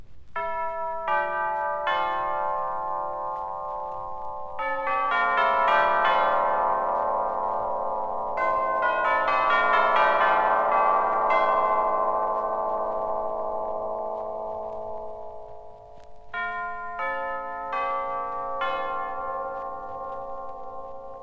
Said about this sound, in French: Le carillon tubulaire, avec ses éléments de grand format, se rapproche davantage du son des grosses cloches.